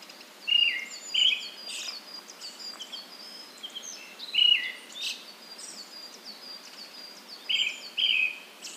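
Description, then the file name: Brown-headed thrush song: short whistled phrases of two or three notes with thin, high, hissing notes, repeated every few seconds, with other high chirps and a steady background hiss. "akahara"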